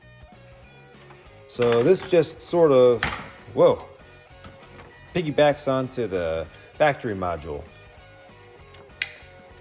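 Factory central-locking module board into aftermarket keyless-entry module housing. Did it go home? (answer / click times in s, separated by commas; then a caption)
yes / 9.0 s. The circuit board from the factory central-locking module of an 80 Series Land Cruiser is pressed by hand into a new plug-and-play keyless-entry module box so that it piggybacks onto the factory module, while someone talks. At 9.0 s it seats in the housing with a sharp plastic click.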